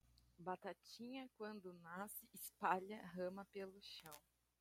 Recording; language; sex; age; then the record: short text; Brazilian Portuguese; female; 30 to 39 years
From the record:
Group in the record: control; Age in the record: 31 years